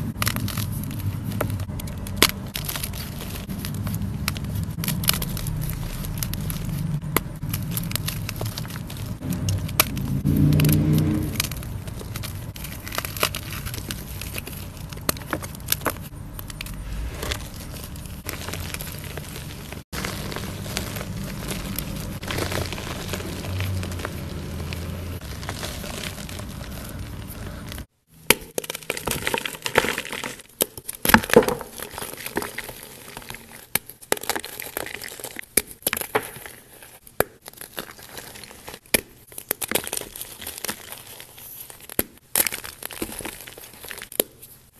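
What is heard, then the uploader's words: ASMR crushing sounds: for the first 28 seconds a dense, steady crinkling and crackling runs over a low rumble. Then it cuts abruptly to sparser, sharper cracks and snaps separated by brief quiet gaps, continuing irregularly to the end. Audio only compilation of joolz asmr crushes.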